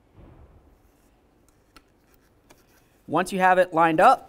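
A plastic emblem for a 2009-20 Dodge Journey front grille is held with its locking tabs lined up against the matching holes on the grille before being pressed in. Only low handling noise and a few faint light taps are heard, around 1.5, 1.8, 2.1 and 2.5 seconds, and then someone talks from about 3.1 seconds. The emblem has not been pressed in and nothing has clicked or seated yet.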